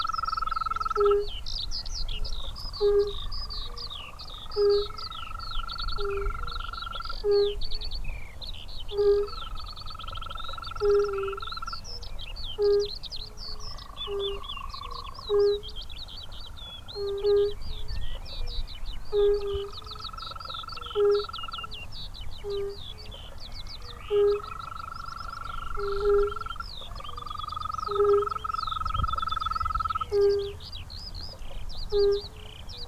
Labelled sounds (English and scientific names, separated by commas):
Fire-Bellied Toad (Bombina bombina) call